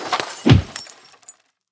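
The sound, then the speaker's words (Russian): A glass bottle of sparkling wine shatters as it is smashed against two men's heads, with a heavy low thud at impact, followed by bright tinkling shards scattering and a few final clinks as pieces settle into silence. “Звон битого стекла, брызги игристого вина, удивленные окровавленные морды.”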